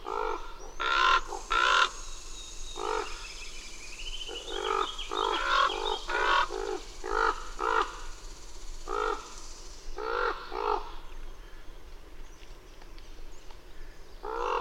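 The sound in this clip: Bird producing irregular series of harsh, throaty caws in clusters, some notes doubled, with faint high chattering notes behind.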